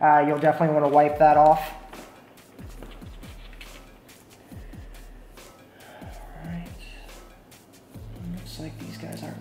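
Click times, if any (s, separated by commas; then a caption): none. Someone talks while pressing a freshly painted plastic Ford F150 truck badge with its clips back into the grille, producing a few soft pressing and tapping sounds. The badge clips have not snapped into place yet, and nothing has seated or clicked.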